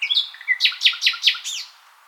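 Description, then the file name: Common nightingale phrase: brief chirps, then five loud, evenly spaced down-slurred notes repeated quickly, fading out. "Luscinia megarhynchos"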